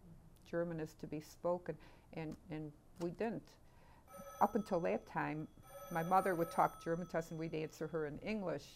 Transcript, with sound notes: German is to be spoken," and we didn't. [phone rings] Up until that time, my mother would talk German to us and we'd answer her in English.